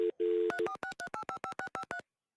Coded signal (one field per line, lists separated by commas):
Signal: DTMF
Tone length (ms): 90 ms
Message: 3463855653